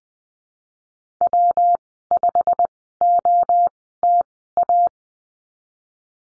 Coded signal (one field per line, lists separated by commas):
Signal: Morse code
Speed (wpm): 20 wpm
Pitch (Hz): 700 Hz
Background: none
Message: W5OTA